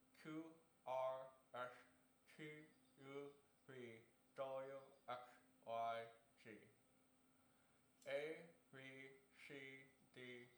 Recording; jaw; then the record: letters of the alphabet, spoken; constrained by a bite bar between the teeth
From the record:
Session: first day, right after the free take